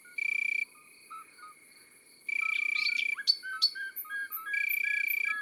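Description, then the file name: Common nightingale singing short buzzy pulsed phrases broken by sharp whistles, with faint repeated low chirps and a steady high hum in the background. Song recorded in the countryside. "Rossignol philomele Chants doiseaux dans la campagne"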